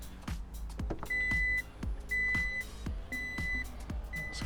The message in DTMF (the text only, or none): none